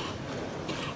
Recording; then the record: coughing mixed with background sound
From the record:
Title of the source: 64 coughing, allergies, singing lungs